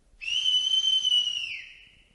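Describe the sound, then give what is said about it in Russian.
A single long, steady high-pitched whistle held on one note, then dipping slightly in pitch as it trails off and fades. No voices. “Этот свист мне не понравился. Он отдавал заговором.”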